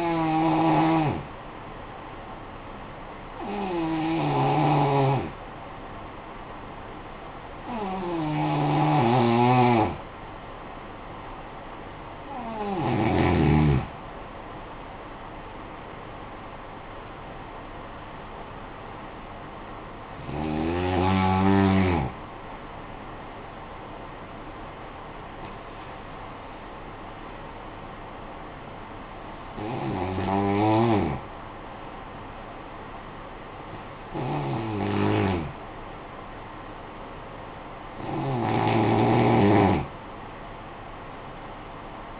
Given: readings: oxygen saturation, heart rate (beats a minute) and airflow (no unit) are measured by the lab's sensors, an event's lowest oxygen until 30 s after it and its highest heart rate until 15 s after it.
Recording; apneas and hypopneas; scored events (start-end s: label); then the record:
breathing in sleep by a voice recorder at the bedside; 1
3.00-14.40 s: hypopnea (N2, oxygen 92% highest, then 90% lowest, heart rate 53 at the start, 72 highest)
From the record:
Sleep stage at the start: N2 (light sleep); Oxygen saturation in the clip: 89 to 95%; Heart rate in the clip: 50 to 72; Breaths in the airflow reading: 10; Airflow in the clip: -12.1 to 12.4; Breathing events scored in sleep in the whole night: 445 in 7.6 hours asleep